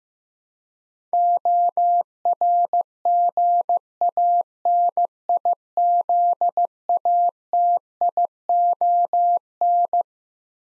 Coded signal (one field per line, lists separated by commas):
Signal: Morse code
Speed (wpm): 16 wpm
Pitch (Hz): 700 Hz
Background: none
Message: ORGANIZATION